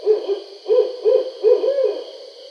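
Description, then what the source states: Barred owl hooting: several low hoots, the last one drawn out and slurred, over a steady high-pitched drone. Recorded 2012-07-20.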